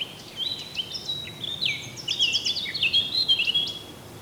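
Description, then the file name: Eurasian blackcap giving a fast, continuous warble of sliding and chattering high notes throughout, over low steady background noise. "Sylvia atricapilla"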